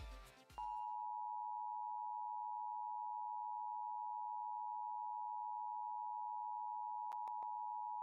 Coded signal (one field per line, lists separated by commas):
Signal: Emergency Alert System (SAME) tones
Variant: 853 and 960 Hz attention tone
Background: music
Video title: LIVE AM/MW DX: DX Central Live - S. 4, Ep. 14 | Friday, April 12, 2024